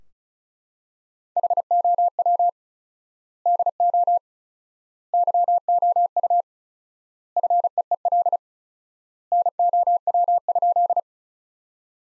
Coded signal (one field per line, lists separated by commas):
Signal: Morse code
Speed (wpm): 34 wpm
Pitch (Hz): 700 Hz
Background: none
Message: HOW DO YOU FEEL NOW?